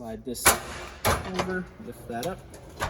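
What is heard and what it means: In a 2024 Wildwood 178BHSK travel trailer, an unnamed interior fitting is slid over and lifted up toward its mount while someone talks, with sharp handling knocks near 0.5 s and 1.1 s. Nothing has seated or clicked yet; the part is not yet home when the clip ends.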